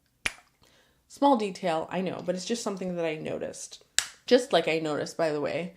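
A cap is put back on a perfume bottle and clicks into place with a single sharp snap at 0.3 s, a click that other bottles of the same brand lack because their caps just slide off. After a short pause, someone talks.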